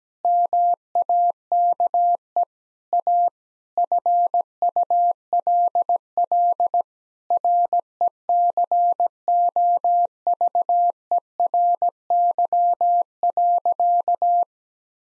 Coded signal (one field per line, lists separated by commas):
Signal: Morse code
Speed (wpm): 17 wpm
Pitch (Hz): 700 Hz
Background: none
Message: MAKE A FULL RECOVERY.